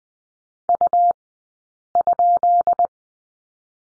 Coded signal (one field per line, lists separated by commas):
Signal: Morse code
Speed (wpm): 20 wpm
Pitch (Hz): 700 Hz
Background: none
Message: U?